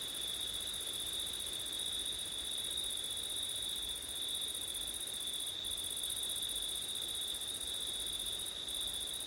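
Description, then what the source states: Steady cricket song, a constant high-pitched ringing drone from several insects, with wind hissing faintly below. Crickets on a windy September night; labelled ortif.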